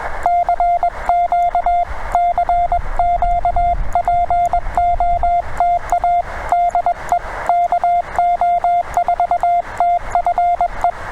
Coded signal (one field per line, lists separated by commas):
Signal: Morse code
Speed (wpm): 21 wpm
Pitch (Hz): 700 Hz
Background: none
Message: CQ CQ POTA DE KO4TFE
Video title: CW POTA WITH MY TR-35...AND DX TOO! #cw #morsecode #parksontheair